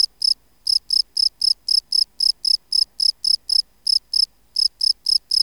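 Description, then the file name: Field cricket producing crisp high chirps about four per second, interrupted by short silences near half a second, 3.8 seconds and 4.4 seconds. "Gryllus campestris"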